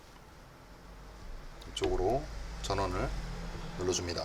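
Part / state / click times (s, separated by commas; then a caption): CPU power connector into motherboard header / not seated / none. A plastic CPU power plug is handled at the header at the top left of the CPU on a motherboard, with the latch checked first, while someone talks. A brief sound occurs around 1.6 s. Nothing has seated or clicked yet.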